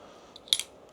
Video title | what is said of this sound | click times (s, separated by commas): The NEW SRM 251MB – Sleek Business EDC Under 70g (Full Review) | But it feels quite nice and the blade locks in place with crossbar lock | 0.5 s